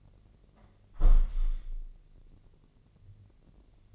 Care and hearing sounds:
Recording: daily activity, microphone in the room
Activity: close window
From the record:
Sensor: 4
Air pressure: 1013.2 hPa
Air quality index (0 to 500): 168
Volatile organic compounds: 2 ppm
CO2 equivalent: 1064 ppm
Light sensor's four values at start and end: 37/91/37/37 and 38/95/38/38

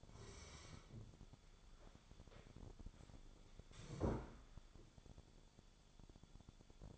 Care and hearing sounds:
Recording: daily activity, microphone in the room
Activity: sit down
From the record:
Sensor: 5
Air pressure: 1015.3 hPa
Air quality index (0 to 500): 181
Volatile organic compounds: 7 ppm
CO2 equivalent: 1962 ppm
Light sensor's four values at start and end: 36/82/33/32 and 36/82/33/32

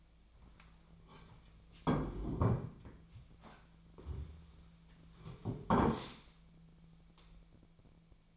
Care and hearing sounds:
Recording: daily activity, microphone in the room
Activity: sit down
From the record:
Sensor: 1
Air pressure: 1008.1 hPa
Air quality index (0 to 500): 191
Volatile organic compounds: 17 ppm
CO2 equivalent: 2585 ppm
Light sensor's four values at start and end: 13/33/13/15 and 13/34/13/15

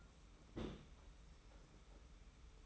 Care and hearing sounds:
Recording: daily activity, microphone in the room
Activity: place on stove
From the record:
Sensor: 1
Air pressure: 991.1 hPa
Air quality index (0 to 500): 91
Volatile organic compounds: 33 ppm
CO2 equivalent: 3021 ppm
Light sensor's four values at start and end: 36/117/46/47 and 36/117/46/47

